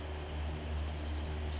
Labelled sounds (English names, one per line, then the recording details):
Pacific Wren
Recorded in Sonoma County, California